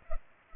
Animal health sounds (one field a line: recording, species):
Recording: mosquito wingbeat signal from an infrared sensor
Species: Culex pipiens